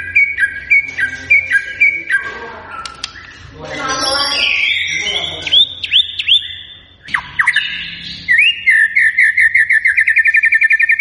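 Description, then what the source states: White-rumped shama song: repeated whistled notes, a stretch of harsh noisy chatter, then sharp whistles and a fast buzzy trill to the end. Lure recording of a gacor (actively singing) bird, meant to draw an immediate response from other birds.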